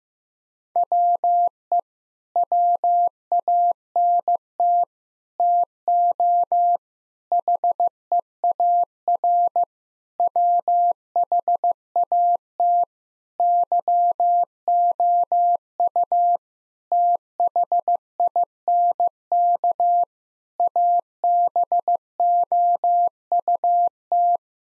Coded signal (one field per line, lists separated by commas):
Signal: Morse code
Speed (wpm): 15 wpm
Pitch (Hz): 700 Hz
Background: none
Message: WE WANT TO HEAR WHAT YOU THINK ABOUT